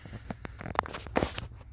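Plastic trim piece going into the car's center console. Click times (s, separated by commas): 0.8 s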